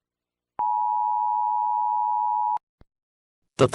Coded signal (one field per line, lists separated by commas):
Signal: Emergency Alert System (SAME) tones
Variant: 853 and 960 Hz attention tone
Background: speech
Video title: EAS Scenario - A Second Opportunity (Part 5)